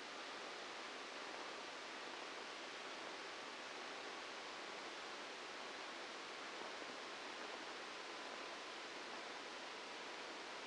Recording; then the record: brain microelectrode recording played as sound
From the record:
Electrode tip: inside the subthalamic nucleus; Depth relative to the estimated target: -1 mm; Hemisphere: left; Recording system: NeuroSet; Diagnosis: Parkinson's disease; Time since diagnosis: 8 years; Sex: male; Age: 59 years